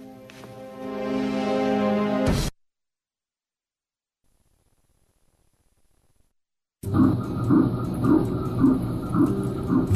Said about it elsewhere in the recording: This is the sound of not just one, not just two, but three heartbeats. The heartbeat of a preborn baby can be heard as early as 6 weeks on ultrasound. I was having three baby boys.